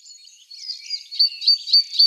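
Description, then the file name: Great tit calls, a thin buzzy chatter leading into four quick, high, clipped notes evenly spaced. "Parus major"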